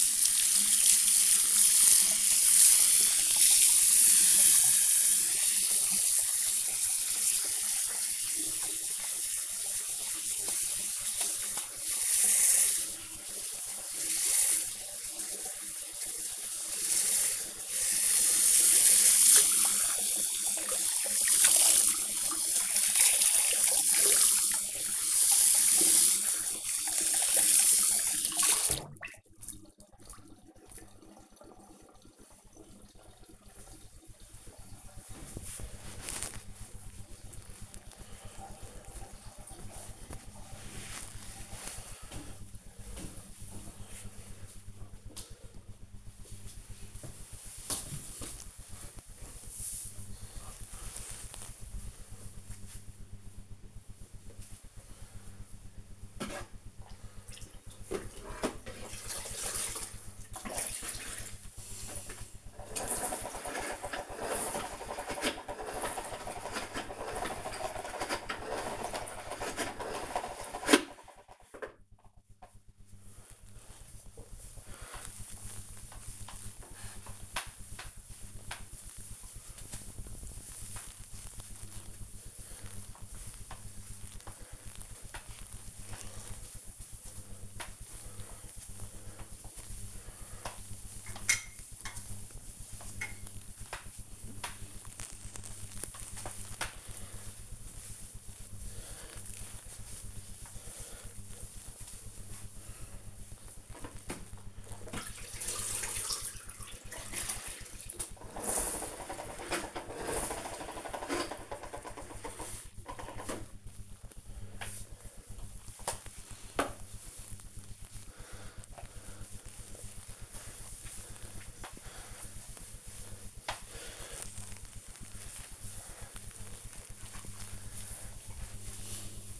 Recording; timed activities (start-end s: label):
household activities, microphone on the right wrist
0.00-31.77 s: washing hands
53.98-129.40 s: floor cleaning